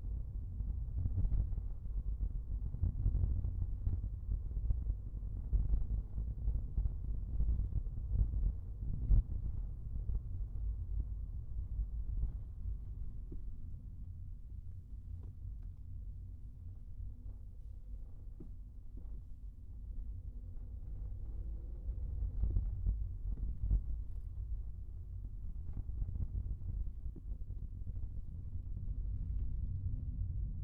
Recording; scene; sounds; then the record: everyday scene through a hearing-aid microphone; in a vehicle; engine, rumble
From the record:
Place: Skoda Fabia, gasoline engine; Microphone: behind the ear, right, rear